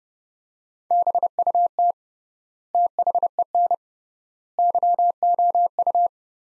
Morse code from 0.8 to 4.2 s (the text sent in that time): BUT THEN